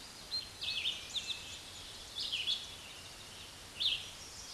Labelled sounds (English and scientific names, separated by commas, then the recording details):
Red-eyed Vireo (Vireo olivaceus) song
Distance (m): 25 m
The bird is about 20 m above the microphone
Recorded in a Pennsylvania forest on 16 May 2024 at 06:31
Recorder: AudioMoth, point MSD-2258
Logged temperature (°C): 15.2 °C
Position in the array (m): 165 m, 72 m